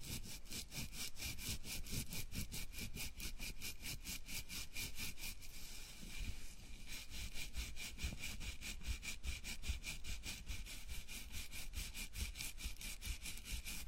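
A scalp massage of quick, regular rubbing strokes on hair, a steady bright scratchy rhythm that briefly smooths out around six seconds.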